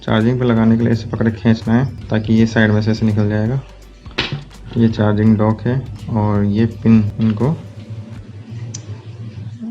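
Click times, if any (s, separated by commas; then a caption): 8.7 s. Someone talks while pulling the Xiaomi Mi Band 4 fitness tracker pod out sideways from its band and then pressing it into its plastic charging dock so the pins line up with the contacts. A brief sharp sound occurs around 4.2 s, and a single sharp click at 8.8 s marks the pod seating in the dock.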